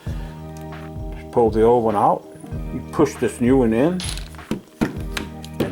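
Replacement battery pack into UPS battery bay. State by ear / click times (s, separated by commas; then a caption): seated / 5.2 s. Someone talks over background music while a replacement battery pack is pushed into the battery bay of an APC UPS backup unit. A sharp click at 5.2 s marks the pack snapping into place, fully seated.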